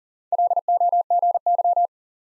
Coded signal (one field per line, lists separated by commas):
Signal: Morse code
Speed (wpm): 50 wpm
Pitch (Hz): 700 Hz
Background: none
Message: LOGY